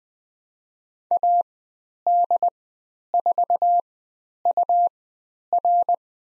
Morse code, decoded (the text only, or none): AD4UR